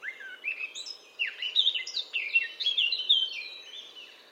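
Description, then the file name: Eurasian blackcap song: a hurried, jumbled warble of many scratchy and whistled notes building into a dense, fluty chatter before fading. "Sylvia atricapilla"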